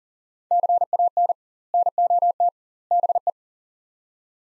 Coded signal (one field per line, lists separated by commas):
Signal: Morse code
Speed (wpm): 40 wpm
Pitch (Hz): 700 Hz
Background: none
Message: CAN NOT BE